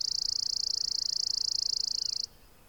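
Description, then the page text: Chipping sparrow song: a dry, rapid, high-pitched trill of even chips lasting about two seconds, then quiet. "Richard E Webster - Малая воробьиная овсянка (Spizella passerina)"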